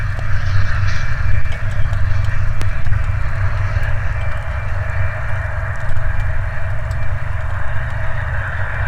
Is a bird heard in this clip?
no